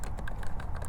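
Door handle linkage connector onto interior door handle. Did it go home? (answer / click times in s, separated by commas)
no / none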